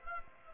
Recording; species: mosquito wingbeat signal from an infrared sensor; Aedes aegypti